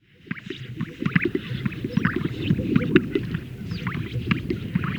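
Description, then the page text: Greater sage-grouse display sounds: low wet pops and gulping plops come thickly after a quiet start, with faint higher whooshing notes above. Males performing at a lek, inflating a large sac and releasing the air. "Greater Sage Grouse males performing at a lek, where they inflate a large sac and release the air"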